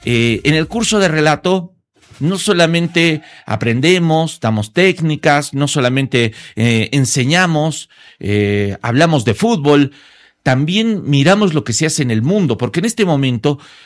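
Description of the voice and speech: One adult man speaks fluent, clear Spanish in a steady broadcast voice with brief pauses; normal voice.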